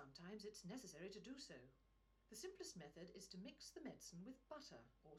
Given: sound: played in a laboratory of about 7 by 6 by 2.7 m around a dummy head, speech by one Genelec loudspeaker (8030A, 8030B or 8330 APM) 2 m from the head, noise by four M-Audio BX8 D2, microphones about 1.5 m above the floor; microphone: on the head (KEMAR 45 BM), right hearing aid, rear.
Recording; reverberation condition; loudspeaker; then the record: female speech in English; low; 60 degrees to the right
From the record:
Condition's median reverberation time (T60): about 310 ms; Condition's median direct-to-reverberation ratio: about 3.5 dB